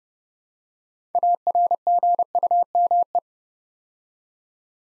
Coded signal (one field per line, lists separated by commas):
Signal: Morse code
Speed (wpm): 30 wpm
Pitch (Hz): 700 Hz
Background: none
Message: ARGUME